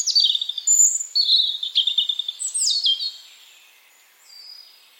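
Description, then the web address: European robin song: a rippling phrase of high whistles and trilled notes with abrupt pitch shifts, fading into quiet near the end. "Deverinetal 2025 File origin Bird Only Er Ru"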